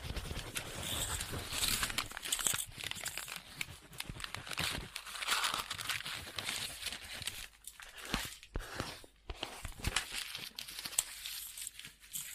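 Pen scribbling on paper in quick, scratchy strokes that run almost without pause for the whole twelve seconds. The sound is bright and rasping, with dense bursts of crinkly friction and brief gaps near the eight- and nine-second marks before the scratching resumes.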